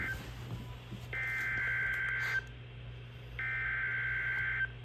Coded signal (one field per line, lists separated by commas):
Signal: Emergency Alert System (SAME) tones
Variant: header bursts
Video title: EAS alerts from 10/25 compilation 7 (EAS #78-90)